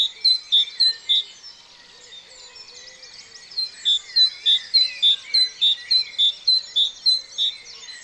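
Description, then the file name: Great tit singing a bright two-note phrase repeated rapidly in two bursts separated by a pause, over a background of other birds twittering. "Parus major"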